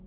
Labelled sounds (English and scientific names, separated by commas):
Virginia's Warbler (Leiothlypis virginiae) flight call